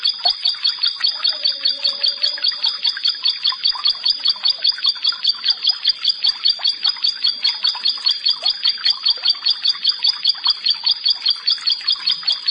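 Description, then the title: Prinia song: evenly spaced, sharp high notes repeated about two and a half times a second throughout. "Ciblek Sawah"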